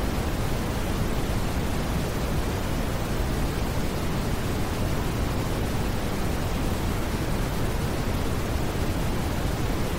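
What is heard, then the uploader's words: White noise plays as a steady, unbroken rush, full and deep in the low end with a softer hiss above, never changing in level. Soothing White Noise.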